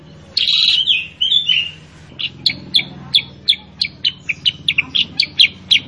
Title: Masteran Kutilang Sutra. PANCINGAN KUTILANG SUTRA GACOR SUARA PEDAS